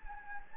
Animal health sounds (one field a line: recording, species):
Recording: mosquito wingbeat signal from an infrared sensor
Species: Anopheles gambiae